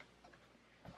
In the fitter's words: make sure you hear those clicks like that that means the bezel is attaching